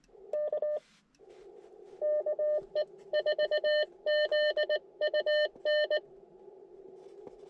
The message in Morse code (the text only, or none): K KE4ZUN